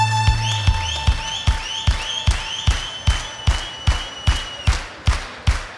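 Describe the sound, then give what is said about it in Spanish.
An audience claps in unison to a steady, even beat, about fourteen sharp claps at a brisk tempo, while sustained musical notes ring at the start and fade away. “¡Palmas!”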